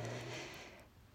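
A brief, low rumbling gurgle lasts about a second, strongest at the start and fading away, heard through room air. These are audible bowel sounds (borborygmi) from an adult's ileal J-pouch, created after colectomy for ulcerative colitis, an ordinary noise of gut movement.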